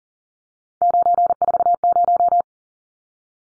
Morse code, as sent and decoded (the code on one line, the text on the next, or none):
----. ....- -----
940